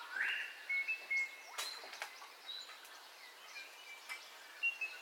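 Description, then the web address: Birds heard sparsely at dawn, a few thin whistles and clicks against quiet background noise. Dawn ambience of bird calls, recorded in stereo. "Sound Effects-Foundation Updates AMBIENCE DAWN BIRDCALLS 04 STEREO"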